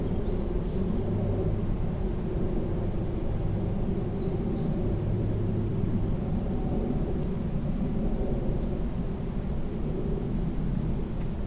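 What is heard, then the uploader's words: Steady outdoor ambience at Sherwood Island State Park near Westport, CT, dominated by a dense, low rumble that holds even throughout. A thin, high insect-like buzz runs continuously above it, with a few faint brief chirps scattered across the eleven seconds. A recording at the Sherwood Island State Park near Westport, CT.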